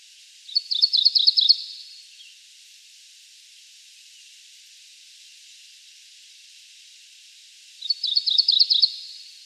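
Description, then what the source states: MacGillivray's Warbler singing a burry series of quick repeated notes, one phrase near the start and another about seven seconds later. A common variant song type with a rich, burry tone, lacking the two-part feel of the more typical song type.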